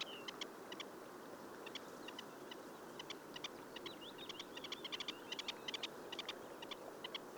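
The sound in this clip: Bird calls: short, sharp high chirps, often in pairs, given at irregular intervals with a few thin whistled notes, over a steady low background hiss.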